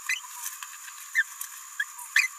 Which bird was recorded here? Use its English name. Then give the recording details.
Green-rumped Parrotlet. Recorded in a nest box in Venezuela. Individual 18B17A4